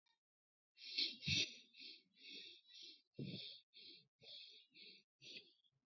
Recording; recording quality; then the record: shallow breathing; excellent, no background noise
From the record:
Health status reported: respiratory illness, not identified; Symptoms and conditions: asthma, diabetes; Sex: male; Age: 40 years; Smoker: not ticked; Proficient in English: yes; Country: India